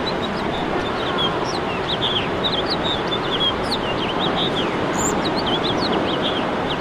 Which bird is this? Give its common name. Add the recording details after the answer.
House Finch. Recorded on Long Island, New York, on 21 March 2012. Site FL. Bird D